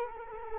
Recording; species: mosquito wingbeat signal from an infrared sensor; Culex quinquefasciatus